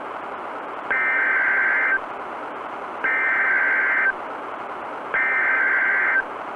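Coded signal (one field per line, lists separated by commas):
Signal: Emergency Alert System (SAME) tones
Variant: header bursts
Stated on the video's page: Fictional EAS scenario (analog horror) containing valid SAME tones.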